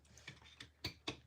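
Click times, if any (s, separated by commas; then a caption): none. Another figure's plastic head is pushed into the chest socket of a Fans Toys FT-40A Hannibal (Cerebros) robot figure, giving short plastic knocks and taps near 0.2, 0.3 and 0.6 s, with the loudest at 0.9 and 1.1 s. The head does not lock in because it lacks the little nubs on each side that the robot's own head has, so nothing has seated or clicked.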